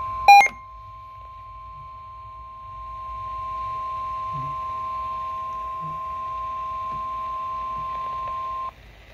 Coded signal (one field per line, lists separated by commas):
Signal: Emergency Alert System (SAME) tones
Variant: 1050 Hz attention tone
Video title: EAS #391: TOR